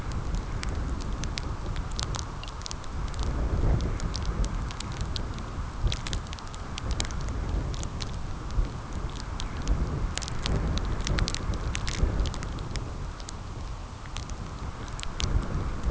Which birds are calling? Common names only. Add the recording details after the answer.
none. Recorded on Arctic tundra, site CORI-1, on 15 June 2018. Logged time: 12:00